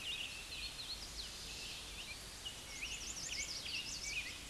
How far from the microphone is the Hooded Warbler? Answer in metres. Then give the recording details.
about 55 m. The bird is about level with the microphone. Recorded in a Pennsylvania forest on 16 May 2024 at 09:39. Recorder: AudioMoth, point MSD-2039. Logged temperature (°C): 15.0 °C. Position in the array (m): 126 m, 97 m